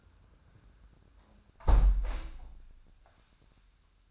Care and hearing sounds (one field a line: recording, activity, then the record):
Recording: daily activity, microphone in the room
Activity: close window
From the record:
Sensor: 2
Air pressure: 998.4 hPa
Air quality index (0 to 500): 133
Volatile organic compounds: 3 ppm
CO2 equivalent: 1507 ppm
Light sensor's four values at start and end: 7/16/7/7 and 6/15/6/7